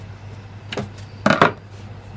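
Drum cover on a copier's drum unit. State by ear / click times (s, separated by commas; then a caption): seated / 1.3 s, 1.4 s. On a Ricoh copier, with the drum reinstalled gear end toward the gears, the drum cover is closed over it and goes on gently, showing the drum is seated properly, then it is pressed down. A soft knock at about 0.7 s is followed by two sharp plastic snaps at 1.3 s and 1.4 s over a steady low hum. The cover snaps home and is seated.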